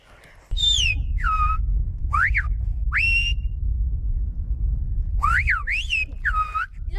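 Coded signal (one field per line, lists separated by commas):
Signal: whistled language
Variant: Silbo Gomero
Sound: loud gliding whistles rising and falling in short phrases, two exchanges over wind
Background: wind noise outdoors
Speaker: Je vais siffler, tu vas me répondre, je vais te donner un ordre et toi si tu me comprends, tu siffles en retour. OK.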